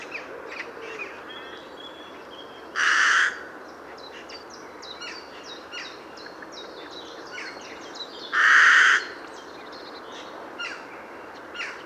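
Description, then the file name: Carrion crow with two harsh caws several seconds apart, over busy background chatter of small birds. "Corvus corone"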